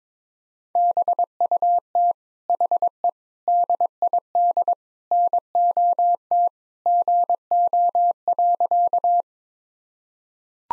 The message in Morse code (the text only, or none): BUT HE DID NOT GO.